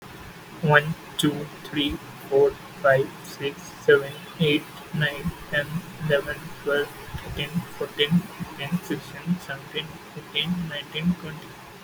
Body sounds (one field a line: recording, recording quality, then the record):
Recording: counting at a normal pace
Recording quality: excellent, no background noise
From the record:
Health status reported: exposed to COVID-19, no respiratory illness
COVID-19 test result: not tested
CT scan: not taken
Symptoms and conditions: none ticked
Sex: male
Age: 20 years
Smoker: no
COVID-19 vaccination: none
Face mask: not worn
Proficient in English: yes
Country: India